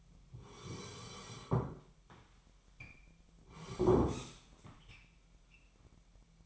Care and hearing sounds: daily activity, microphone in the room; sit down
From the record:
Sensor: 1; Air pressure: 998.6 hPa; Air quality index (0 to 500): 117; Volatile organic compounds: 3 ppm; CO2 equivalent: 1397 ppm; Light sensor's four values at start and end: 7/17/7/8 and 7/17/7/8

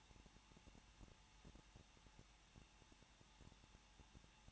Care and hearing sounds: daily activity, microphone in the room; no activity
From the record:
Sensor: 1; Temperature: 20.1 degrees Celsius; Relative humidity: 39.2%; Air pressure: 1006.3 hPa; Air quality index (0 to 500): 218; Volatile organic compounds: 77 ppm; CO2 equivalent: 3585 ppm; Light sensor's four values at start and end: 1/2/1/1 and 1/2/1/1

